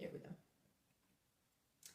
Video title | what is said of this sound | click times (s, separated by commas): Bag 5 of 22 of building a © Harry Potter Hogwarts Castle and Grounds ©LEGO set | Make sure you hear that click. | 1.9 s